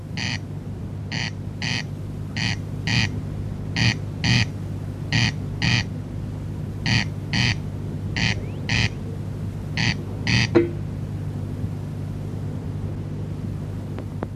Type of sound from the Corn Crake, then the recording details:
song. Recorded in the wild. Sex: male. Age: adult. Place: Dobre Miasto, Warminsko-Mazurskie, PL. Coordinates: 54.04, 20.4844. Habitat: hollow within forest. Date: 1965-07-10 22:00. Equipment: Grundig TK 4, BG 20/6 - 19 cm/s. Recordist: Schubert, Michael